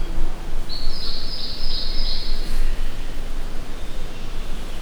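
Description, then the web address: Insect giving one shrill, high buzzing trill lasting under two seconds, set against a heavy low rumble. Captive insect at a zoo in Miskolc, in an outer hall, 2018. "rovar kulsoterem miskolczoo"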